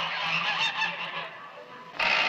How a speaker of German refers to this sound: Altstadtgasse. Laut schnatternde Gänse werden in einen Käfig geworfen.